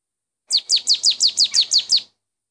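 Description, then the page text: Marsh tit delivering nine clear, high notes that drop steeply in pitch, evenly spaced at roughly six per second, with nothing else audible. Playback recording used for a marsh tit survey. "Hampshire Ornithological Society 2023 Marsh Tit Survey"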